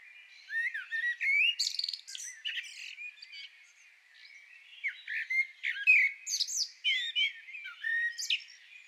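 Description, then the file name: Common blackbird song in two bursts of warbled whistles, mixed with sharp, high squeaky notes and short gaps between. "Turdus merula"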